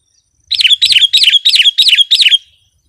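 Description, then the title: Sooty-headed bulbul giving six quick, identical slurred notes in an even run, each dipping in pitch. "kutilang"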